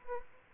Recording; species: mosquito wingbeat signal from an infrared sensor; Aedes albopictus